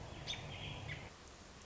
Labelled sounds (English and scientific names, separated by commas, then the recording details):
American Robin (Turdus migratorius)
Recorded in Sonoma County, California